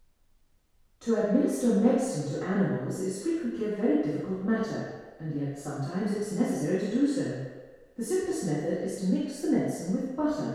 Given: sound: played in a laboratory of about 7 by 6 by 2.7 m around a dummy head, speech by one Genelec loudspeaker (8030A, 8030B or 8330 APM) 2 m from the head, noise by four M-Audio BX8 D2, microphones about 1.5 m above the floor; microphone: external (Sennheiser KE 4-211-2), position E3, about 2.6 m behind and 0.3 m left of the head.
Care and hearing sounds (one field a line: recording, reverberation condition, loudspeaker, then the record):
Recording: female speech in English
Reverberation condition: high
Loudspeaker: 150 degrees to the right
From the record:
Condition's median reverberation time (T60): about 1300 ms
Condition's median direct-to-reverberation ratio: about -4.0 dB